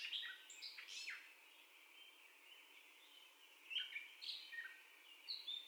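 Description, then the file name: Catbird giving a few squeaky, slurred phrases, then a quiet stretch, then more scattered high notes near the end. First song, recorded 30 May 2021. "2021-05-30 Catbird First Song"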